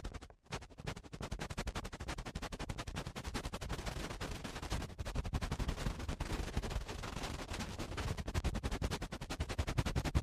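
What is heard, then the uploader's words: Crackling ear-cleaning sounds fill the recording: a dense, rapid stream of sharp clicks and scratches, low rumble through to bright hiss. After a brief near-silent gap just before half a second in, the crackle runs on steadily, with small surges in loudness. ASMR Best Ear Cleaning Collection 2 Hours Eardrum Cleaning (No Talking).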